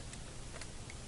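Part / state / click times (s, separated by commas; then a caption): brick chest plate onto robot figure torso / seated / 0.6 s, 0.9 s. A plastic construction-brick chest plate is pressed onto the connection points on the torso of a Kre-O G1 Devastator combined robot figure. Two light clicks sound at 0.6 and 0.9 seconds over a steady background hiss. The chest plate is seated on the figure.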